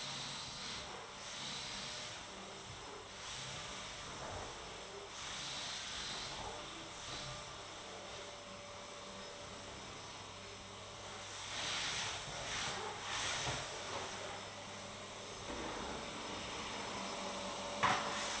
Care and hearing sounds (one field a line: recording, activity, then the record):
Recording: daily activity, microphone in the room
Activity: vacuum cleaning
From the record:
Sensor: 3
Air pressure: 1000.1 hPa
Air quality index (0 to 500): 136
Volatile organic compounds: 2 ppm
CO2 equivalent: 1210 ppm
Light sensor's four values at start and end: 40/102/43/47 and 40/102/43/47